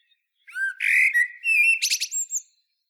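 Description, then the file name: Common blackbird song phrase: a mellow whistled opening, then several notes ending in a shrill, rattling twitter. "Turdus merula"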